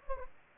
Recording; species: mosquito wingbeat signal from an infrared sensor; Anopheles gambiae